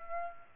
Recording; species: mosquito wingbeat signal from an infrared sensor; Aedes aegypti